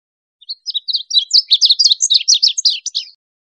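Rapid high-pitched bird twittering, a dense string of short chirps and slurred notes over about two and a half seconds, clean and quiet otherwise.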